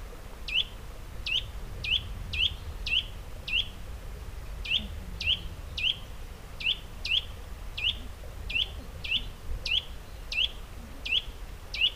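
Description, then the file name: Eurasian nuthatch giving a long series of sharp rising call notes, with a brief pause, over low background hum. "Sitta europaea"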